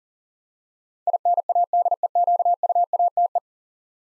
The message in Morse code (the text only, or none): INADEQUATE